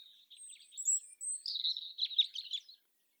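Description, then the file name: European robin song, a short phrase of thin high whistles over a warbling twitter that quickens into a dense trill before stopping. "Erithacus rubecula"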